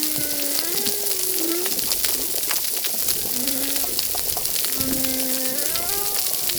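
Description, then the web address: Humpback whale song: low, drawn-out tonal moans that rise and fall in pitch, with overtones, set against a constant hiss and crackle of underwater noise. "RECIFS Recif 10 Humpback Whales"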